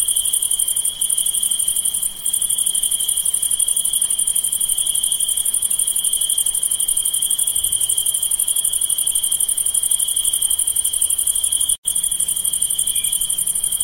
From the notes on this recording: Background noises from the rainforest